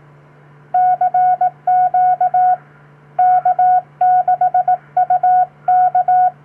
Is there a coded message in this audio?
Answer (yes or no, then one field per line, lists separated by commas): yes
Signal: Morse code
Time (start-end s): 0.7-6.3 s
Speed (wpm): 18 wpm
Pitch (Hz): 730 Hz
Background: none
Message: CQ K6UK